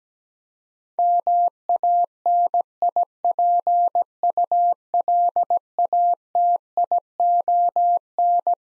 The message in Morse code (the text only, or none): MANIPULATION